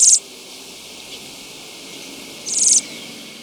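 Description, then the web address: Ash-breasted sierra finch with two brief, very high buzzy notes, one at the start and one after a quiet gap of about two seconds, over soft background hiss. Recorded in Ecuador. "Birds of Ecuador. ASh-breasted Sierra-Finch"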